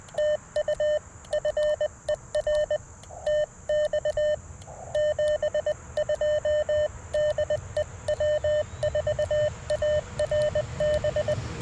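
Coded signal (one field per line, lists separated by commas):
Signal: Morse code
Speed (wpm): 20 wpm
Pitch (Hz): 600 Hz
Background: none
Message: TU FER TX 72 DE W4ARB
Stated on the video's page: QRP CW Parks on the Air activation with a Xiegu G106, Modern Morse paddles and Chelegance JPC-12 antenna.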